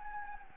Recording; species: mosquito wingbeat signal from an infrared sensor; Anopheles gambiae